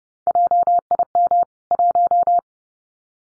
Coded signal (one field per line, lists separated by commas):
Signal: Morse code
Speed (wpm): 30 wpm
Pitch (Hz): 700 Hz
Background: none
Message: JIM 1